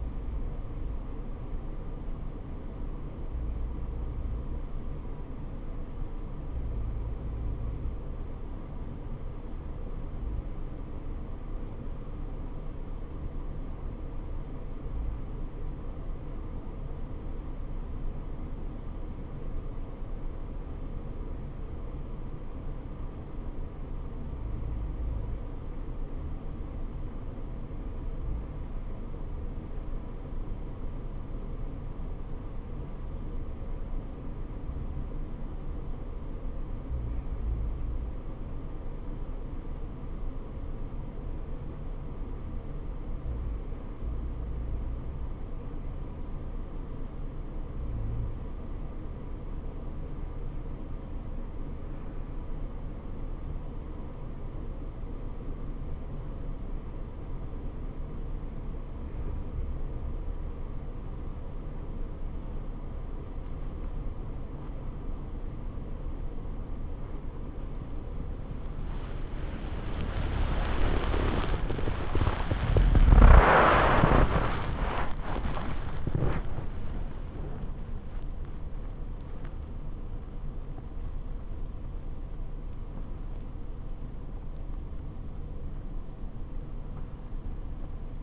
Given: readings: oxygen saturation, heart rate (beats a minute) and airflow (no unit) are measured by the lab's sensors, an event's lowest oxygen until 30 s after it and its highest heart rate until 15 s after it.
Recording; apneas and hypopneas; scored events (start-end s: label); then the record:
breathing in sleep by a smartphone at the bedside; none
69.00-88.23 s: new sleep stage, N1 (lightest sleep)
From the record:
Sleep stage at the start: REM sleep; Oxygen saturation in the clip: 93 to 96%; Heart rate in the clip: 69 to 107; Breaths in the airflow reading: 24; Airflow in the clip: -13.0 to 14.2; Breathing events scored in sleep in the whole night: 79 in 6.3 hours asleep